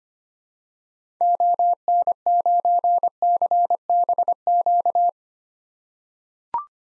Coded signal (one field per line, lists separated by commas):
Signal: Morse code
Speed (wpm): 25 wpm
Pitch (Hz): 700 Hz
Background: none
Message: ON9CBQ